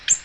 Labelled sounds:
Ovenbird flight call

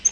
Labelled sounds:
Yellow-rumped Warbler flight call

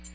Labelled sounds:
American Redstart flight call

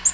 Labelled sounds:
Black-throated Green Warbler flight call

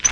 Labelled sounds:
Yellow-rumped Warbler flight call

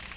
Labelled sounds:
Yellow-rumped Warbler flight call

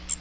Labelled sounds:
Magnolia Warbler flight call

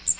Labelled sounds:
Magnolia Warbler flight call

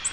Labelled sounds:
Nashville Warbler flight call

